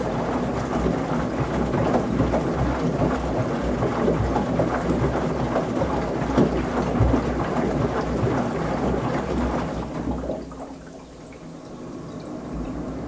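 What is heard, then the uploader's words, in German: A washing machine drum turns with a dense, steady rumbling and sloshing, then drops quieter and thinner after about ten seconds. Wäsche in der Waschmaschine. Gleichmäßigen, rumpelnd-gluckernden Umdrehungen der Waschmaschine.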